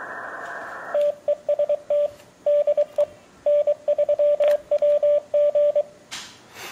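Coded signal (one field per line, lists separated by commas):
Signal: Morse code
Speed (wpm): 23 wpm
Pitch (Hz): 590 Hz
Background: radio noise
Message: TEST DE N3WG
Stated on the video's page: Elecraft K3 at home operated remotely through Ham Radio Deluxe over an internet audio and control link.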